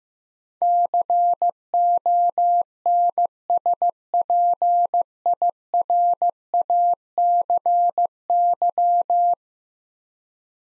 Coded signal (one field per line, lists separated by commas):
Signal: Morse code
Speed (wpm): 15 wpm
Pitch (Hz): 700 Hz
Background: none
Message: CONSPIRACY